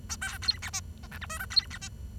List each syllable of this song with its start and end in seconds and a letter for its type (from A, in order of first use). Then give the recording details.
0.09-0.16 A, 0.21-0.38 B, 0.42-0.58 C, 0.62-0.70 D, 0.73-0.80 E, 1.03-1.07 F, 1.11-1.18 G, 1.21-1.26 H, 1.29-1.38 I, 1.39-1.45 J, 1.50-1.66 C, 1.70-1.78 D, 1.81-1.88 E. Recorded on 23 June 2012 at 10:59. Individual gr41rd51